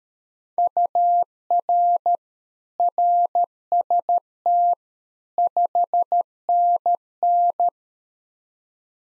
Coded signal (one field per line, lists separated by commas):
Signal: Morse code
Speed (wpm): 13 wpm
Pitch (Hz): 700 Hz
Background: none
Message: UR RST 5NN